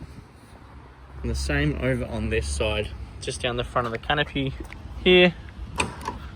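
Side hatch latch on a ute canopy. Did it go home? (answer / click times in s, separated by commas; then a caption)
released / 5.8 s, 6.1 s. Someone talks, then presses the release on the side hatch of the canopy on a 2019 Toyota Hilux SR5 ute, down the front of the canopy, and the latch unlocks. Two short mechanical clicks are heard at 5.8 and 6.1 seconds as the hatch latch clicks open.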